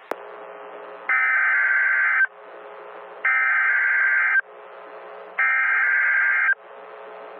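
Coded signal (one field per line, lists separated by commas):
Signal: Emergency Alert System (SAME) tones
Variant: header bursts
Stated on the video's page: Mock alerts using valid tones, built from NOAA All Hazards Weather Radio station audio in Upton, New York, before Hurricane Henri.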